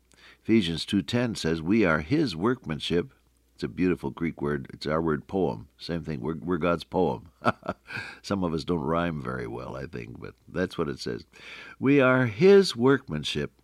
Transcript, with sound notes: Ephesians 2:10 says, “We are His workmanship,” it’s a beautiful Greek word. It’s our word ‘poem.’ Same thing, “We’re God’s poem.” [chuckle] Some of us don’t rhyme very well, I think, but that’s what it says. “We are His workmanship,